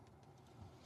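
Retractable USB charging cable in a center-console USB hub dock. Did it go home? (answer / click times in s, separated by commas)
no / none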